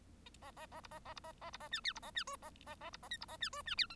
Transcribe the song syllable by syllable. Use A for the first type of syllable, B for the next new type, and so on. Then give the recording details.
A A A B A A B A A B A C D B A C E A A A B A F B A C E C D G. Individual Bird1